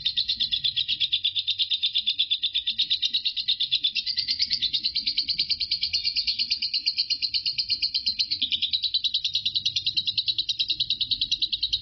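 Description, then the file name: Lovebird ngekek song: a long, buzzy high trill of quick pulses that runs without a break, with faint low noise underneath. Lovebird named Marco singing ngekek; the ngekek lasted 5 minutes 25 seconds. "suara burung lovebird Marco ngekek"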